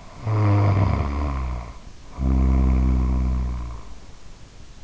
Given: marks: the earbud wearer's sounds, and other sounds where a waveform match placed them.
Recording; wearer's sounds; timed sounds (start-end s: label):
sounds in sleep by an in-ear microphone; snoring breath
0.01-3.92 s: snoring breath